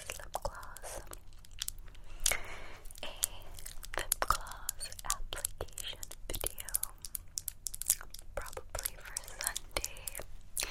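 Crisp tapping and scratching with long nails, in quick irregular bursts of sharp clicks that run through the whole clip. Soft rustling and crinkling fill the gaps, with hushed whispery breaths faintly underneath. A low steady hum sits in the background.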